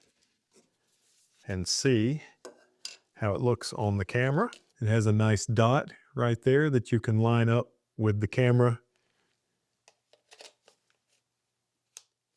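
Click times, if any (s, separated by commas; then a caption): 12.0 s. Someone talks while lining up a Viltrox AF 25mm f/1.7 APS-C lens by its dot on a Nikon Z DX mirrorless camera mount, such as the Z50 II. After the talk, faint scrapes and taps are heard as the lens is twisted. The mount latch clicks sharply at 12.0 s, and the lens is seated snugly with no play.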